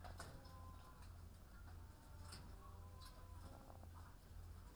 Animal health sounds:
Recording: poultry house recording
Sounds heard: sick chickens (respiratory disease)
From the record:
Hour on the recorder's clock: 15

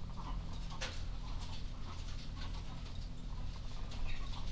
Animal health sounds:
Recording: poultry house recording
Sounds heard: sick chickens (respiratory disease)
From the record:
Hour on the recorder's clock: 23

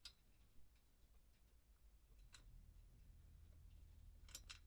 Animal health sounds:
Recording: poultry house recording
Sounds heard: no chicken sound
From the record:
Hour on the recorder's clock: 0

